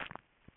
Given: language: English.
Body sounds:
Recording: throat vibration sensor signal played as sound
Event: swallow

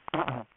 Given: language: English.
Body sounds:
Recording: throat vibration sensor signal played as sound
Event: throat clearing

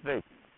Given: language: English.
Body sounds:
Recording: throat vibration sensor signal played as sound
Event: speech

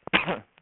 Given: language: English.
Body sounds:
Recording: throat vibration sensor signal played as sound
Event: cough

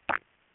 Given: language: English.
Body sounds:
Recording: throat vibration sensor signal played as sound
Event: swallow

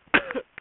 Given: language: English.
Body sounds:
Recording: throat vibration sensor signal played as sound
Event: cough

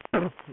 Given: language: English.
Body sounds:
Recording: throat vibration sensor signal played as sound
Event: cough

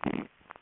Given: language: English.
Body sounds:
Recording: throat vibration sensor signal played as sound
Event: swallow

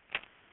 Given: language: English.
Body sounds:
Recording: throat vibration sensor signal played as sound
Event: swallow

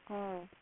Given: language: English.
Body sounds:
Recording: throat vibration sensor signal played as sound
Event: speech

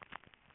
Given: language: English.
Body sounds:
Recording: throat vibration sensor signal played as sound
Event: swallow

